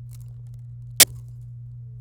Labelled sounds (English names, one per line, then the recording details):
Domestic Canary song
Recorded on 26 April 2018 at 13:39
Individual llb3